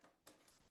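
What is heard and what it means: A drawing pen is pushed into the open accessory clamp (clamp A) of a Cricut craft cutting machine. A short, sharp click is heard at 0.3 s, showing that the pen has seated in the clamp.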